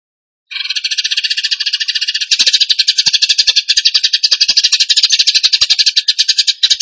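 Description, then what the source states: Bird song beginning after a short silence, a rapid rattling trill that grows harsher and louder partway through and continues steadily. Masteran training recording of bird song in the tembakan gacor style.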